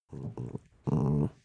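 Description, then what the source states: Dog growling low and soft in three short rumbling bursts, the last one longer and slightly stronger. Small dog; very soft, short growl.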